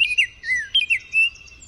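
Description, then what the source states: Baltimore Oriole song, a short burst of sweet, clear whistled notes sliding up and down. Cheery, upbeat song that usually stops after a phrase or two, sweeter and more melodic than the American Robin's.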